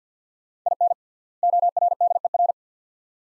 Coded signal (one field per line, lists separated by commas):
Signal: Morse code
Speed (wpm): 50 wpm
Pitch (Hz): 700 Hz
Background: none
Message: IN ORDER